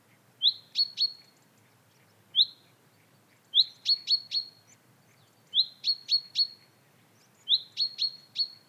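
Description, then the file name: Common chaffinch calls: high, sharp notes, most a short rising slur followed by two or three clipped ticks, one a lone slur, in bursts about every one to two seconds, over a faint low hum. "Fringilla coelebs"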